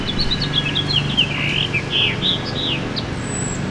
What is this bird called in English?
House Finch